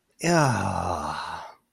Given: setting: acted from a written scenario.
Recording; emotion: vocal sound without words; ecstasy